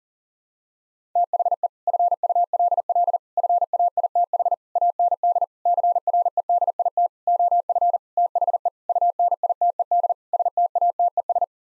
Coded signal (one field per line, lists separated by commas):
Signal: Morse code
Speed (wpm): 40 wpm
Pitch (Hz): 700 Hz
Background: none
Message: THE FULL FAITH AND CREDIT OF THE UNITED STATES